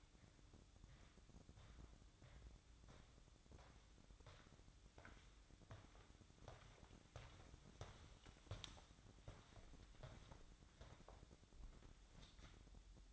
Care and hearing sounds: daily activity, microphone in the room; walk to room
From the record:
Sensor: 3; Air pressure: 1008.2 hPa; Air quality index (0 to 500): 134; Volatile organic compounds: 2 ppm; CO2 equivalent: 1107 ppm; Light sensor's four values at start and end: 9/22/9/8 and 9/21/8/8

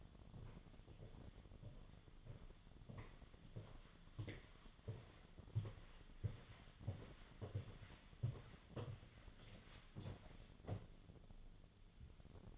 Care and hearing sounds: daily activity, microphone in the room; walk to room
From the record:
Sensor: 4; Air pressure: 1011.0 hPa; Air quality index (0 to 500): 160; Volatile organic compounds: 4 ppm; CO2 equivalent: 1628 ppm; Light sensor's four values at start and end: 44/125/51/52 and 42/120/48/50

